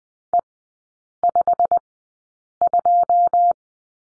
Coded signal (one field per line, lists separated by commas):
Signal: Morse code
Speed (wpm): 20 wpm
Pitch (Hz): 700 Hz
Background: none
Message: E52